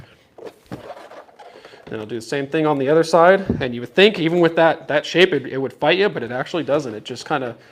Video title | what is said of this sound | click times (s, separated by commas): Playstation 5 Rust Wrap or Skins - Oct 2021 Rmwraps.com | forward push it that way and squeeze the playstation and you'll hear it pop into place | 0.4 s, 0.7 s